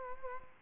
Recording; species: mosquito wingbeat signal from an infrared sensor; Aedes albopictus